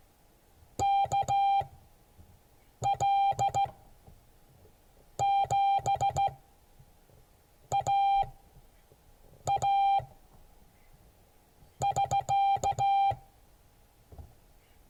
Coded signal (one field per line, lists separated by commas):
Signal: Morse code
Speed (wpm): 15 wpm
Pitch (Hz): 790 Hz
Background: none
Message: KL7AA<SK>